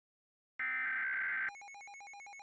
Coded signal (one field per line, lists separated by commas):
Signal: Emergency Alert System (SAME) tones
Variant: header bursts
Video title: Texas EAS Alarm (MOCK)